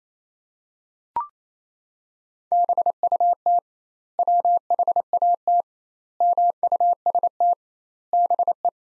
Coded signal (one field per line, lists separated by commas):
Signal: Morse code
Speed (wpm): 28 wpm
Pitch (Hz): 700 Hz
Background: none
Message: BUT WHAT MUST BE